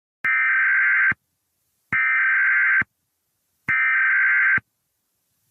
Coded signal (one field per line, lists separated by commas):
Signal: Emergency Alert System (SAME) tones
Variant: header bursts